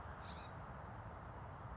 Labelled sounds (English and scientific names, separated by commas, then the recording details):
California Scrub-Jay (Aphelocoma californica)
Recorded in Sonoma County, California